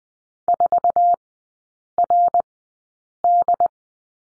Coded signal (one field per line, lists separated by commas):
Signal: Morse code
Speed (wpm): 20 wpm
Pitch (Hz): 700 Hz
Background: none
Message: 4RD